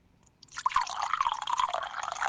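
Whisky pours steadily from a cork-stoppered bottle into a glass with a gurgling, splashy trickle that begins after a brief pause and continues without a break. No voices.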